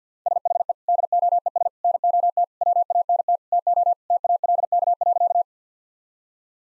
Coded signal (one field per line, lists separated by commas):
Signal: Morse code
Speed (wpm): 48 wpm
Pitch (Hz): 700 Hz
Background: none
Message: SHE DOES NOT WANT TO TALK.